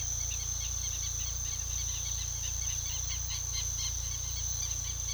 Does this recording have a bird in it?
yes